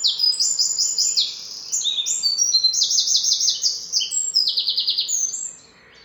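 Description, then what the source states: Birds singing quick high trills and chirps in an overlapping chorus that fades out toward the end. Birds recorded in the morning.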